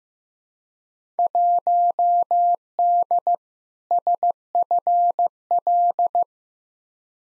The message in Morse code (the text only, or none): 1D SFL